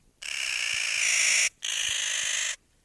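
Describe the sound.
Clark's Nutcracker calls: two long, harsh, grating rasps, the first over a second long and the second shorter, separated by a brief pause.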